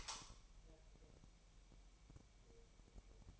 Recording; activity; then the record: daily activity, microphone in the room; light on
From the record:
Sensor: 1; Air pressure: 1001.9 hPa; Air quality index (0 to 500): 249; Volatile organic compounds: 54 ppm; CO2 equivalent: 3345 ppm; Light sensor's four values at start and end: 5/11/4/5 and 14/48/19/19